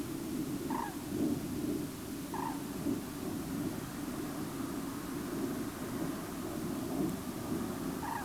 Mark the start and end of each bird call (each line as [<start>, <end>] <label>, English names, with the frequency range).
[0.67, 0.94] Common Crane (0.7-2.2 kHz)
[2.32, 2.60] Common Crane (0.7-1.9 kHz)
[8.01, 8.23] Common Crane (0.7-2.7 kHz)